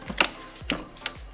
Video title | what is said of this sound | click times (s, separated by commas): How to Service Your Puget Systems Intel Dragon Canyon NUC (NUC12DCMi9) | hear click and we will reattach | 0.2 s, 0.7 s, 1.1 s